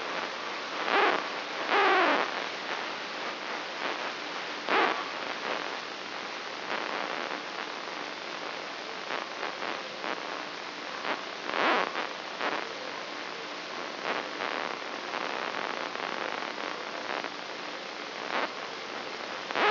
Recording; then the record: brain microelectrode recording played as sound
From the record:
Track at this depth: outside the subthalamic nucleus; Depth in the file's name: 8.06 mm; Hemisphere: left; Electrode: 3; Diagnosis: Parkinson's disease